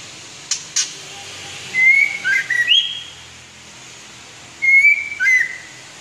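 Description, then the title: White-rumped shama song: two brief clicks, then a long whistle dropping into swooping notes, a pause, and another clear whistled phrase with a falling ending. "murai batu"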